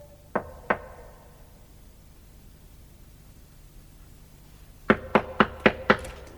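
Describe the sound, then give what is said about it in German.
Someone knocks on a door twice, waits through a long pause of faint hiss, then raps five sharp, evenly spaced knocks in quick succession. “Der Klingelknopf sah aus wie das Auge eines ausgestopften Fisches. Er klemmte. Also klopfte ich.”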